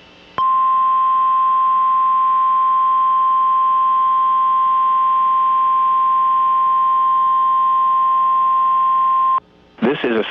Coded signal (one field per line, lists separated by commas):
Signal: Emergency Alert System (SAME) tones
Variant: 1050 Hz attention tone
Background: speech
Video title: NOAA Weather Radio - Special Marine Warning - December 2nd, 2023 (EAS# 6)